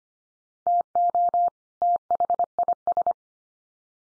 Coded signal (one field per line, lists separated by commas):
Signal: Morse code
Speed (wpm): 25 wpm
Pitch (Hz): 700 Hz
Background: none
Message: TO THIS